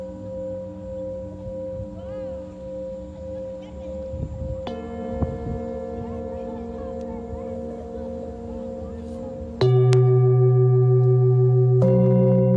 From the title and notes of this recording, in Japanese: メキシコから シンギングボウルのサウンドヒーリング ライブ。